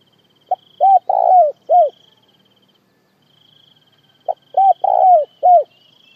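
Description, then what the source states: Spotted dove phrases of four notes, a short clipped opener, then cooing notes with a long rolled centre, repeated twice, against an intermittent high insect buzz. Calling the flock.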